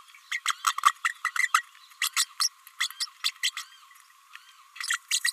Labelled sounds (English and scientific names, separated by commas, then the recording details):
Green-rumped Parrotlet (Forpus passerinus) babbling
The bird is a female
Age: 29 days
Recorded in a nest box in Venezuela
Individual 17B32A5